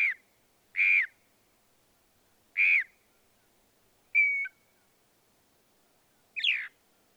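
Northern mockingbird song: separate harsh, slurred notes spaced over several seconds, with a thin whistle and a squeaky note toward the end.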